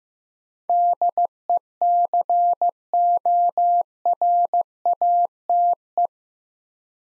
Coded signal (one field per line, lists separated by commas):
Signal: Morse code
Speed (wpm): 15 wpm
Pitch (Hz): 700 Hz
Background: none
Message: DECORATE